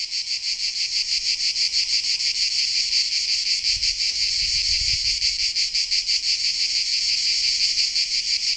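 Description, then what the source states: Cicadas singing in a dense, continuous high buzz with a fast pulsing rhythm, steady throughout; a faint low rumble briefly near the middle. Recorded in Sardinia.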